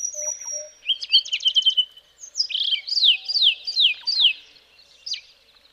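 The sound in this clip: Karoo scrub robin song: a rapid buzzy rattle, then a run of scratchy, descending chirped phrases and sweeping whistles, varied and high-pitched throughout.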